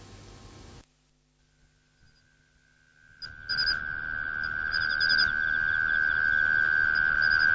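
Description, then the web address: Mole cricket song: after a brief burst of noise and a few seconds of near silence, a faint trill fades in and swells into a loud, steady continuous tone. "sikioto insect kera"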